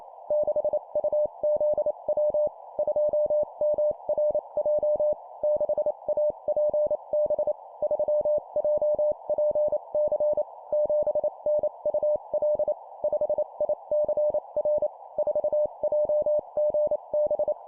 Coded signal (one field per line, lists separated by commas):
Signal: Morse code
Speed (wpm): 28 wpm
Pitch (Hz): 600 Hz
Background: none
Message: 6UZW 2MRJ 6APB 3JPC 7NUL 5ICR 4JGB